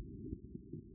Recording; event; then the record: neck accelerometer signal played as sound; no cough (speech, laughter, throat clearing or background)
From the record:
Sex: male